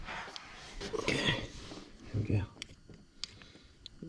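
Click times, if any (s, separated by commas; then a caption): 3.2 s, 3.9 s. Someone talks while pushing in the locking tab on a harness connector during an SRT-4 WOT Box 2-Step plug-and-play install. Two sharp clicks are heard at 3.2 s and 3.9 s as the tab snaps shut. The connector is locked in place.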